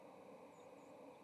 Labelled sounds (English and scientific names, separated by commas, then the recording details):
White-throated Sparrow (Zonotrichia albicollis) flight call
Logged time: 08:38 on 30 October 2014